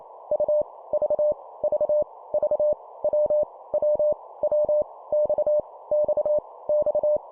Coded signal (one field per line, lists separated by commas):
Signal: Morse code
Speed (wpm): 28 wpm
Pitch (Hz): 600 Hz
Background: none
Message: U V V V W W W X X X